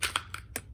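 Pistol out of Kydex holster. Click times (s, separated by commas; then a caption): 0.2 s, 0.6 s. A Sig Sauer P365 pistol is drawn out of a Kydex holster, giving short, bright snaps with the loudest at 0.2 s and 0.6 s, plus fainter ticks near 0.0 s and 0.3 s. The pistol comes free, and unholstering from Kydex is always this loud.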